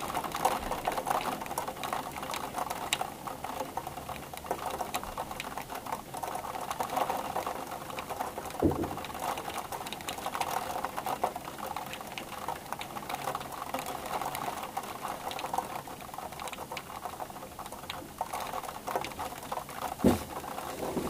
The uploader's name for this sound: Rainsounds